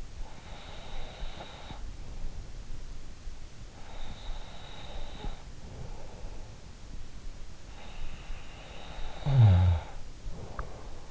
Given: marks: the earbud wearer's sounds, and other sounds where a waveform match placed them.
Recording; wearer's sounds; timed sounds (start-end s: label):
sounds in sleep by an in-ear microphone; breath, snoring breath
0.00-2.76 s: breath
4.01-7.33 s: breath
8.01-11.11 s: snoring breath